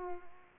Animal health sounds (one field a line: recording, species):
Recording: mosquito wingbeat signal from an infrared sensor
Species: Culex pipiens